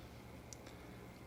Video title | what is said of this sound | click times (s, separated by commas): 1/48 Zoukei-Mura F-4G Wild Weasel - Exhaust-Off | that little piece is a pain in the ass and so basically that just does that and kind of locks in place now | 0.5 s